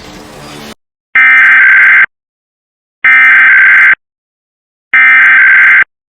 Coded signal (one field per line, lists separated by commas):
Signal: Emergency Alert System (SAME) tones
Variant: header bursts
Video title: (EAS #65) Required Monthly Test in MD (Nov 27th 2024)